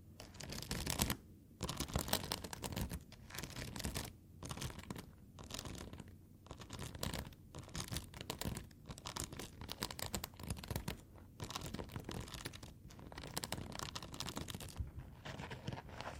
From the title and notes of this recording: Tapping, Foam, Scratching, NO TALKING.